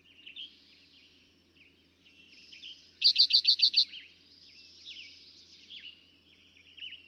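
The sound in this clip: Eastern towhee song: a single series of six rapid high notes, surrounded by softer chirps and whistles from other birds.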